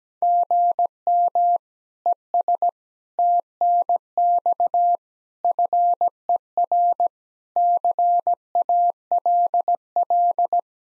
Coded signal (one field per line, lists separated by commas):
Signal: Morse code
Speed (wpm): 17 wpm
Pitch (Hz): 700 Hz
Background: none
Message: GM ES TNX FER CALL